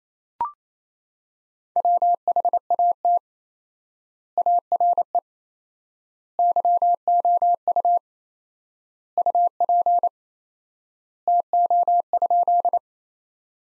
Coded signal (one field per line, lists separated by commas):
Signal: Morse code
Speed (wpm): 27 wpm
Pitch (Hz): 700 Hz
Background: none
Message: WHAT ARE YOU UP TO?